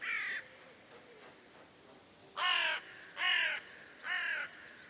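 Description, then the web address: Bird calling with harsh, cawing notes: one caw, a pause of about two seconds, then three more in quick succession, each rough and slightly falling. "cianscape. Deverinetal 2025. Bird Only"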